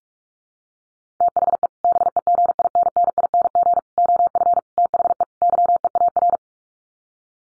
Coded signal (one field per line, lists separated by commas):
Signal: Morse code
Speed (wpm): 44 wpm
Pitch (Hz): 700 Hz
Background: none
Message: THE BEGINNING OF THE YEAR